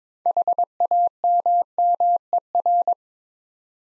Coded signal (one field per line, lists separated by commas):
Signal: Morse code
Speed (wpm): 22 wpm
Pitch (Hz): 700 Hz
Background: none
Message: HAMMER